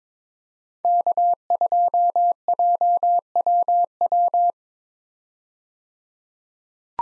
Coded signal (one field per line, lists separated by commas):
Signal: Morse code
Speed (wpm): 22 wpm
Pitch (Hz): 700 Hz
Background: none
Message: K2JWW